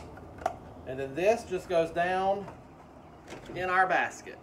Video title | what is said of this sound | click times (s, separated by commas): Creating hanging baskets for the shade garden | so let me get this lined up and clicked back in place | 0.5 s